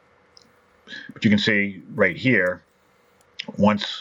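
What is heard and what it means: After trimming, the Nomad body section of a Hot Wheels die-cast toy car is pressed onto the Boneshaker die-cast chassis and snaps into place with two short, sharp clicks at 0.4 s and 0.4 s. Someone then talks over faint background hum, and the body part is seated.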